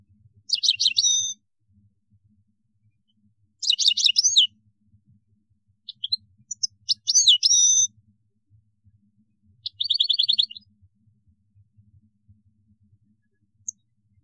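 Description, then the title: European goldfinch song: short bursts of bright, tinkling twitters and rapid trills, four phrases separated by pauses of a couple of seconds, ending with one faint note. "Chant Chardonneret"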